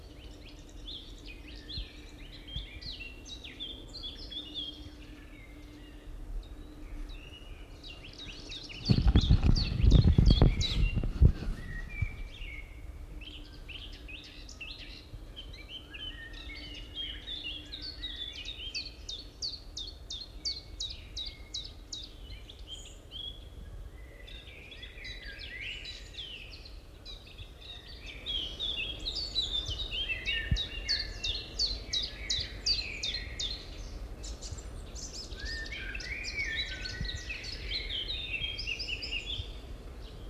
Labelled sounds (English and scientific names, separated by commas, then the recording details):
Common Chiffchaff (Phylloscopus collybita) song
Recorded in the wild
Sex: male
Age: adult
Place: Summt, am Buchenberg, Brandenburg, DE
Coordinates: 52.695, 13.3594
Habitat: pine forest
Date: 1975-05-10 12:17
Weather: partly cloudy, 20°C
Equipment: Uher CR 210, Sennheiser MD 421, Verstärker, Kopie Uher 4200
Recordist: Tembrock, Günter